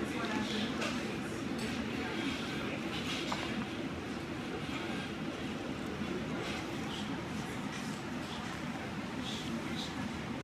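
Emergency room ambience: a steady, dense low rumble runs throughout, with a busy murmur of activity layered above it. Faint voices surface now and then, along with short clicks and clatters scattered across the ten seconds. The overall level stays even.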